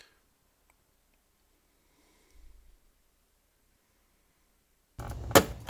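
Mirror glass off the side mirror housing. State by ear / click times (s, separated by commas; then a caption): released / 5.4 s. The mirror glass on a 2016 Ram 1500's side mirror is pried off the housing to reach the puddle light. After near silence with a faint low rumble around 2.4 s, a steady prying and scraping noise starts at 5.0 s and ends in a loud, sharp pop at 5.4 s. The glass comes free of the housing.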